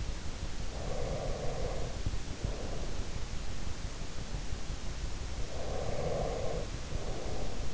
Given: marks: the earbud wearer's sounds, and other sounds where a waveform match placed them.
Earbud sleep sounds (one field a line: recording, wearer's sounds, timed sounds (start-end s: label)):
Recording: sounds in sleep by an in-ear microphone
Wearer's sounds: breath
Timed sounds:
0.52-3.62 s: breath
5.42-7.74 s: breath